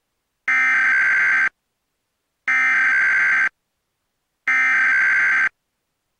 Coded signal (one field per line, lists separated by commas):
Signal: Emergency Alert System (SAME) tones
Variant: header bursts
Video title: Emergency Alert System: National Periodic Test 08/07/19 11:50 AM Pacific Daylight Time